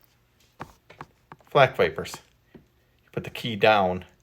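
A small plastic key is handled and pressed down toward the keyed slot of a 1993 G.I. Joe Dr. Mindbender V2 action figure accessory, with a few short, sharp plastic taps between about 0.6 and 1.4 seconds. Someone talks over the handling. Nothing has seated or clicked into place yet.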